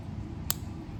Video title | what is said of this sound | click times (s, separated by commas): The Five Part Finale! My Rolex Datejust | You hear a click and now we're back up to there, guys. | 0.5 s